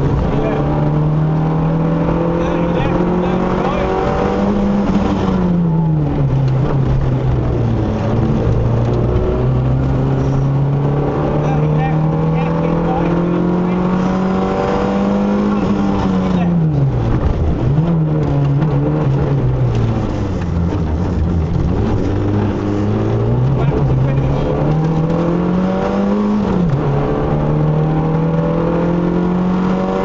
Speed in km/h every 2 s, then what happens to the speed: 81, 93, 64, 52, 64, 77, 90, 89, 45, 27, 31, 44, 66, 87, 95.
0-3 speeds up to 93. 3-7 brakes to 52. 7-12 speeds up to 90. 12-18 brakes to 27. 19-30 speeds up to 95.